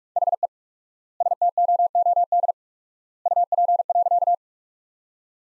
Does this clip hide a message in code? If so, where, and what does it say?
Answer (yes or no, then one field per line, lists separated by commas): yes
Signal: Morse code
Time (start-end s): 0.2-4.3 s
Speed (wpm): 41 wpm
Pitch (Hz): 700 Hz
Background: none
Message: HE STOOD UP.